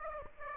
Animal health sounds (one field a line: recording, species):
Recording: mosquito wingbeat signal from an infrared sensor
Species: Aedes aegypti